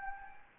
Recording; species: mosquito wingbeat signal from an infrared sensor; Anopheles gambiae